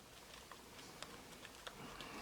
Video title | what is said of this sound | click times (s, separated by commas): Galaxy Note Edge Microphone Replacement How To Change | you can feel it clicking in different places and then | 0.5 s, 1.0 s, 1.5 s, 1.7 s, 2.0 s